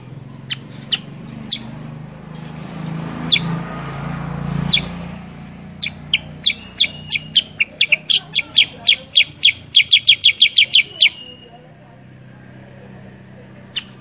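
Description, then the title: Sooty-headed bulbul song: a few spaced chips, then an accelerating train of crisp, high chirps that ends in a short trill, over a low background hum. Tutor song for training caged birds to respond quickly and sing vigorously (gacor). "Masteran Kutilang Sutra. MASTERAN BURUNG KUTILANG SUTRA BIKIN KUTILANG SUTRA BAHAN LANGSUNG RESPON BUNYI GACOR"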